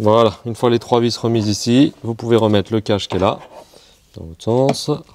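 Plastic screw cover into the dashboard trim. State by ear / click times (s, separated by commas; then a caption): not seated / none. Someone talks while handling a plastic screw cover for the dashboard trim of a Citroën Berlingo 3 / Peugeot Partner 3 / Rifter during a CarPlay and Android Auto head unit install. The three screws have been refitted and the cover is to be turned round and refitted over them. Nothing has clipped or seated yet.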